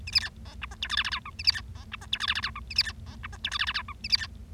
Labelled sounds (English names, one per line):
Bengalese Finch song